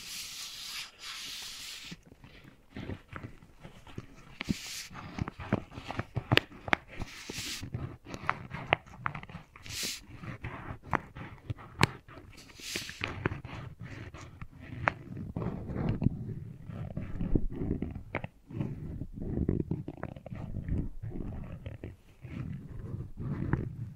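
Wooden balls click and knock in quick irregular taps, with bright rustling swishes early on and a low rolling rumble later.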